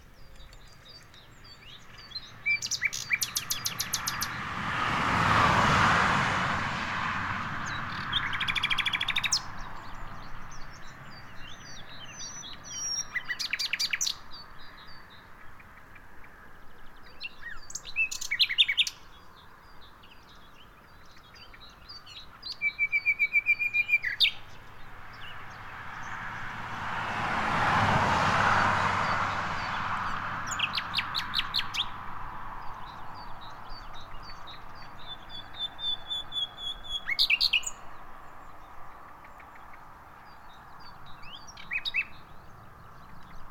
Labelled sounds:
Common Nightingale (Luscinia megarhynchos) song
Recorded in the wild
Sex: diverse
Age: adult
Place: Bernau bei Berlin, Barnim, Brandenburg, DE
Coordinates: 52.6572, 13.6149
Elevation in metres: 88
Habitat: hedge
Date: 2018-04-22
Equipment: Olympus DM 720
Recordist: Frommolt, Karl-Heinz

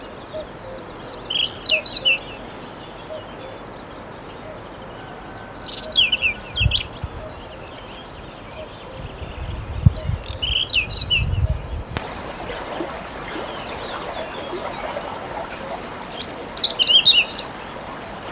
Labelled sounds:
Whinchat (Saxicola rubetra) song
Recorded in the wild
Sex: male
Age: adult
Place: Radenthein, Gegendtal, Kärnten, AT
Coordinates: 46.8, 13.7
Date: 1971-05-14
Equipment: Uher 4100 Report-V, Sennheiser MKH 804
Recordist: Brunner, Thomas
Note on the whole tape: In Untertweng in Radenthein aufgenommen: Gesang

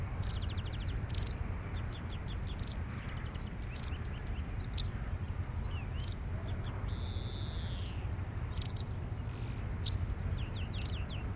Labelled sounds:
White Wagtail (Motacilla alba) call
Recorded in the wild
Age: adult
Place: Erlangen, Bayern, DE
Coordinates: 49.5922, 10.9836
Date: 1962-06-13
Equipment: Original, Vollspur
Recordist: Tretzel, Erwin

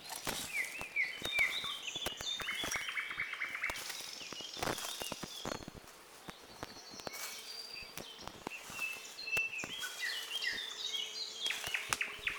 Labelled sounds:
Thrush Nightingale (Luscinia luscinia) song
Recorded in the wild
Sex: male
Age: adult
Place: Borawskie, Podlaskie Voivodeship, PL
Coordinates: 53.4448, 22.4516
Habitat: deciduous forest
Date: 2016-05-29 10:30
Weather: clear sky, moderate wind
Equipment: Marantz PMD660 recorder, Sennheiser ME67 directional microphone
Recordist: Souriau, Abel
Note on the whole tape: Gesang eines Sprosser (spontan), Aufnahme verwendet in: Souriau, A., Reifová, R., Petrusek, A. et al. No evidence for a role of trills in male response to territorial intrusion in a complex singer, the Thrush Nightingale. J Ornithol 162, 865–878 (2021). https://doi.org/10.1007/s10336-021-01879-9

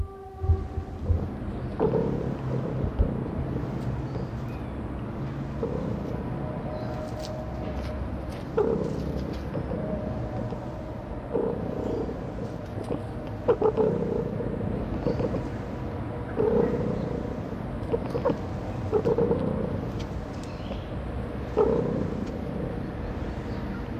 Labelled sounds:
Sand Fox (Vulpes rueppellii) growling
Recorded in captivity
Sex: female
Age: adult
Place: Zoo Halle, Sachsen-Anhalt, DE
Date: 1977-10-13 12:30
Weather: sunny, ca. 18°C
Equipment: Nagra SN, Kopie Uher 4000 Report Monitor
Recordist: Tembrock, Günter

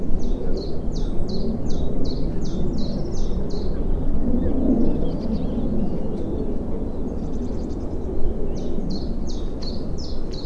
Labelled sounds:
Great Tit (Parus major)
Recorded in the wild
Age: adult
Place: Karower Teiche, Naturpark Barnim, Berlin, DE
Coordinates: 52.6222, 13.4597
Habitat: pond
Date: 1993-04-14 10:45
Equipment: Aiwa HD-S1, Sennheiser ME 88
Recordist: Frommolt, Karl-Heinz

